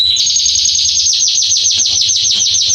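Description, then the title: Belgian canary song: a fast, even trill of repeated high notes, each sliding slightly downward, delivered in a continuous rolling series. Male Belgian canary singing a lot, meant to warm up and train young canaries. "Canary Training Esquente Seu Filhote E Canario Belga Em 30 Minutos Macho Cantando Muito. CANTO DO CANRIO"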